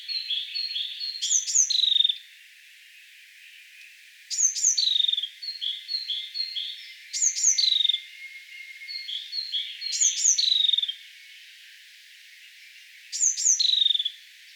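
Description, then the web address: Bird calls of high downward whistles and chattering chirps, repeated in several evenly spaced phrases with quiet gaps between. "ornitologiya slovar Ptichki"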